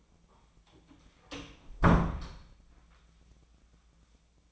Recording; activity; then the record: daily activity, microphone in the room; close door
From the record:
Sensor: 1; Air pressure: 1009.3 hPa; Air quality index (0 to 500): 183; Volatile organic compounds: 4 ppm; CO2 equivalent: 1540 ppm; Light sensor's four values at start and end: 39/105/43/51 and 38/103/42/50